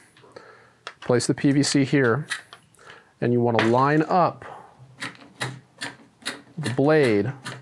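A ratcheting PVC cutter is handled as its jaw and blade are lined up on a PVC pipe, with light handling taps and rattles between stretches of talk. Someone talks throughout. The cutter has not yet clicked into place on the pipe, and nothing has seated.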